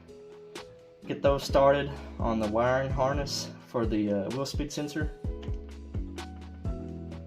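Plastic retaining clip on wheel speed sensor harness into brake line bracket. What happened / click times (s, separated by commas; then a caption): Handled, not yet home: the harness clip has not snapped into its bracket / none. A new plastic retaining clip, already started on the wheel speed sensor wiring harness, is handled against the brake line bracket during a big brake install on an S197 Mustang GT. Someone talks while a few short, sharp taps and clicks are heard. Nothing has seated or clicked into place yet.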